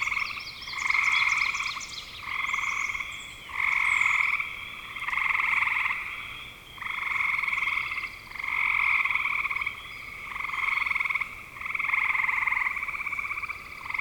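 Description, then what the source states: Frog chorus of pulsed, trilled croaks in bursts of roughly one to two seconds, separated by short quieter gaps, with a few higher chirps early on. Frogs calling in spring 2025.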